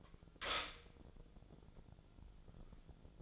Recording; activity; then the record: daily activity, microphone in the room; stop toaster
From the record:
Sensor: 5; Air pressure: 1000.3 hPa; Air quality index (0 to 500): 126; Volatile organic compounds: 2 ppm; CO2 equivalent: 1002 ppm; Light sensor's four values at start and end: 83/194/83/90 and 83/194/83/90